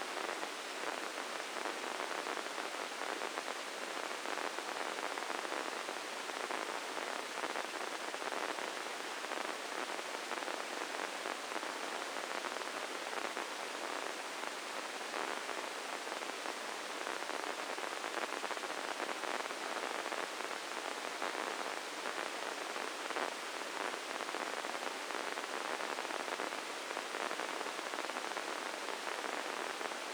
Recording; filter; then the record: brain microelectrode recording played as sound; spike band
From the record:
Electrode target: subthalamic nucleus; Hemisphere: left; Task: reaching with the right hand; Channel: 1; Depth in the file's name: 4.826 mm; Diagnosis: Parkinson's disease